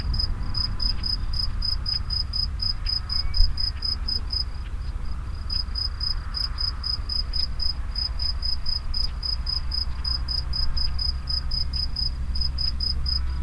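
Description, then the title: Grasshopper song of fast repeated high pulses, briefly pausing once then resuming, over a steady low rumble. Recorded near the Henri Bridge at Niévroz. "Niévroz, Locusts near the Henri Bridge - Criquets vers le Pont Henri"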